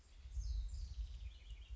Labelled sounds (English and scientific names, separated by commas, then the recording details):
House Wren (Troglodytes aedon)
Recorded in Sonoma County, California